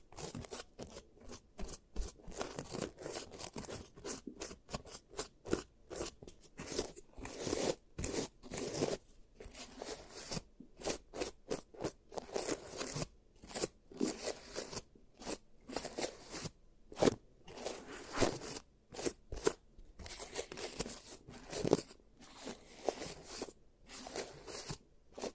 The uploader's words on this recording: ASMR Giant Teeth Treatment, Fixing Your Cavities (No Talking).